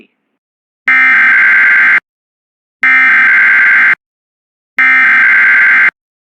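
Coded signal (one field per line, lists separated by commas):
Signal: Emergency Alert System (SAME) tones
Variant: header bursts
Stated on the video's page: Two tornado warnings, a flash flood warning and a weekly test heard on the WJON internet stream, captured by screen recorder.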